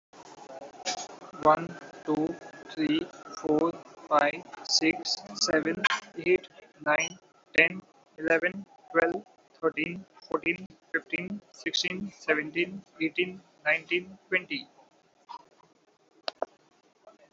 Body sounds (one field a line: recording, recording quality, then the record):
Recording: counting at a normal pace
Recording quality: excellent, no background noise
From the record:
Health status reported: healthy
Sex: male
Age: 39 years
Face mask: worn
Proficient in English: yes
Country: India